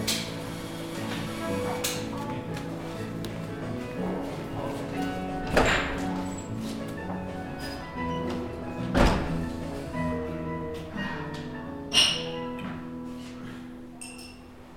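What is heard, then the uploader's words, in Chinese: Sitting in a café: a steady murmur of voices and low background hum fills the whole stretch. Sharp clinks and knocks of cups or dishes cut through, loudest near 5.5, 9 and 12 seconds, with lighter taps scattered between. 坐在咖啡馆有点开心｜城市声音。北京地坛旁边 没有特地录说话声。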